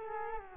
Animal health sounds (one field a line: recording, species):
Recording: mosquito wingbeat signal from an infrared sensor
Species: Culex quinquefasciatus